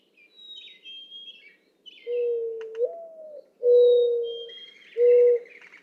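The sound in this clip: Mourning dove's low cooing song, an upward-sliding coo then two long steady coos, accompanied by high thin whistled notes from another bird.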